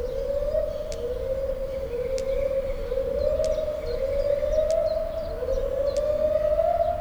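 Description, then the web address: White-handed gibbon call, a sustained hooting tone rising slowly in repeated long sweeps, over a steady loud background hum with faint high clicks. Captive animal at Debrecen Zoo, recorded in 2012 from the monkey house; wind and an electric fence audible; recorded with a Marantz and shotgun microphone. "allathangok debrecenizoo 2012 feherkezugibbon majomhazbol szello villanypasztor marantzpuska"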